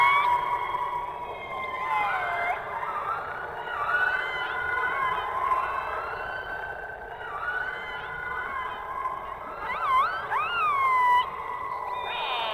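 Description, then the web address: Orca calls underwater, overlapping harmonic squeals that rise and fall, with sweeping upward whistles near the end over a steady hiss. Underwater recording. "subacuatica Audio archivos Orcas"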